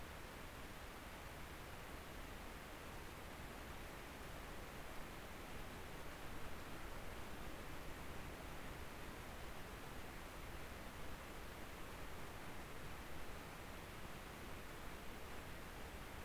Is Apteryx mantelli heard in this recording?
no